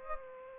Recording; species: mosquito wingbeat signal from an infrared sensor; Aedes aegypti